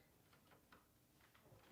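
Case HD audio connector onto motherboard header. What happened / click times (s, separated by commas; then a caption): The connector is being handled but has not yet seated / none. The front-panel HD audio plug from the case is handled and lined up with the motherboard header pins, ready to be pushed straight on. Faint soft ticks and handling noises sit over a steady background hiss, with the sharpest tick at 0.7 s. The connector has not clicked or seated yet.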